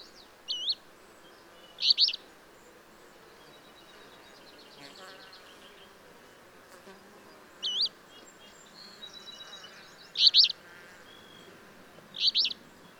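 Bird chirps: short, high, bright bursts at irregular intervals, with quieter thin twitters in between, over constant background hiss.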